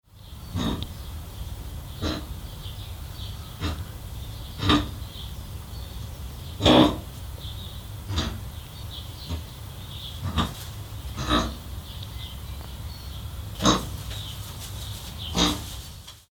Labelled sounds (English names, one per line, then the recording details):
Blackbuck
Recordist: Tembrock, Günter
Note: Grunzlaute eines Bockes